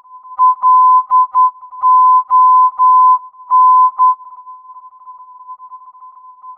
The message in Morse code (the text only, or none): LON